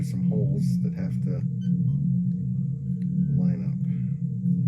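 A plastic model piece is lined up with the holes on the saucer section of a Star Trek TNG Enterprise 1701-D model while someone talks over steady low background music. It is handled into position, but nothing has seated or clicked yet.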